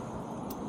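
The molded rubber spark plug wire boot on a Harley-Davidson Sportster 1200 Roadster is pressed back onto the spark plug terminal. Against a steady low rumble, a short, bright snap is heard at 0.5 s, and the boot is seated on the plug.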